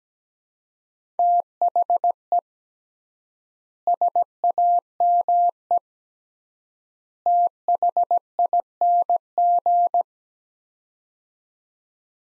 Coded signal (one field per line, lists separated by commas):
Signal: Morse code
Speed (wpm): 17 wpm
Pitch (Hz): 700 Hz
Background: none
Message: THE SAME THING